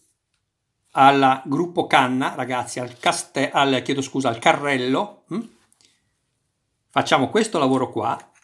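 Someone talks while handling the slide and barrel assembly on the frame of a stainless-finish Umarex 92FS CO2 air pistol, caliber 4.5, under 7.5 joules, during disassembly, with a couple of faint brief ticks around 5.7–5.9 s in a pause. The slide part has not snapped or seated into place yet.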